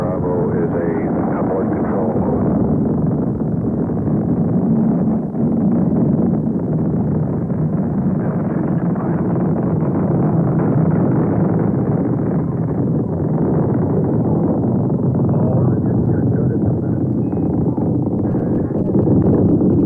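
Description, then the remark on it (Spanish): Saturn V rocket engines roar at the Apollo 11 launch in a steady, thunderous, low rumble that holds loud and unbroken for the whole stretch, with a muffled, crackling edge and no pauses. “El instante que los rugidos de los motores ensordecen el ambiente, no podemos menos que callarnos y dejar paso a este idioma que habla de ciencia y de tecnología y de arrojo del hombre.”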